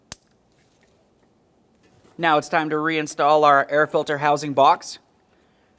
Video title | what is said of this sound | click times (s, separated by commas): How to Replace Brake Master Cylinder 2010-2013 Kia Forte Koup | we'll continue on with our level sensor press it in listen for a click | 0.1 s